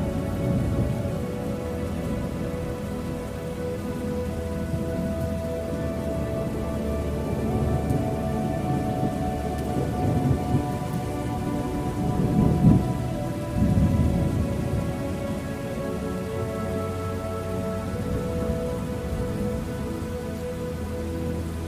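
A thunderstorm of steady rain, with a low rumbling swell near the middle, over sustained musical tones humming evenly throughout.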